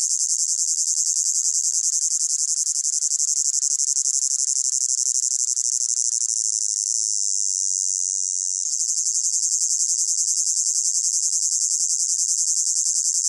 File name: gain walkers CICADA Close Up Pulsating Buzz High Pitched